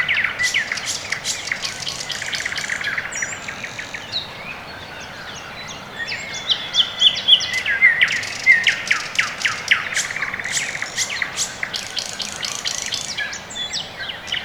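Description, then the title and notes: Birdsong from several birds: dense high chirps and twitters, short whistled notes and quick trills overlapping throughout, with a soft steady background hiss. Birds on a quiet early morning in Orekhovo-Borisovo Severnoye district, Moscow, Russia; recorded with Sony ECM-MS2 into Marantz PMD-661, processed with iZotope RX II (EQ, gain). "район Орехово-Борисово Северное, Москва, Россия - Morning birds. Quiet early morning"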